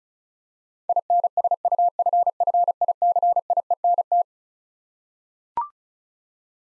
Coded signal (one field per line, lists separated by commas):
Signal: Morse code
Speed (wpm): 36 wpm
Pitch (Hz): 700 Hz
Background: none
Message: INSUFFICIENT